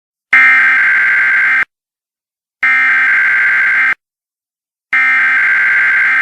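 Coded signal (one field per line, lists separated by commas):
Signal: Emergency Alert System (SAME) tones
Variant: header bursts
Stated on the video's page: Self-made Halloween zombie Emergency Alert System warning meant to loop on a TV.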